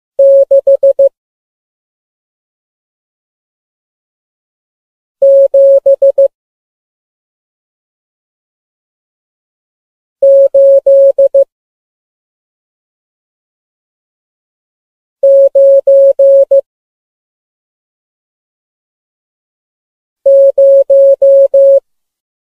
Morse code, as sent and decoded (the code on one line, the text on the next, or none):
-.... / --... / ---.. / ----. / -----
6 7 8 9 0